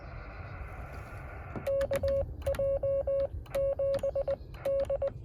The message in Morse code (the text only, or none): KJ7D